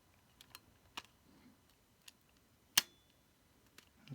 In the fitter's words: okay so that popped into place